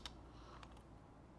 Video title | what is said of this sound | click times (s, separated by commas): Tips & Hints for Hair Clipper Maintenance : Hair Clippers & Taper Tips | put it back in here make sure it clicks | 0.1 s